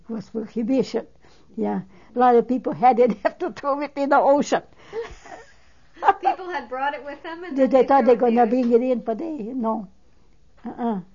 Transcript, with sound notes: It was Prohibition, yeah. A lot of people had it, but had to throw it in the ocean. (She laughs.)
People had brought it with them, and then they thought--
They thought they're going to bring it in, but they no, uh-uh.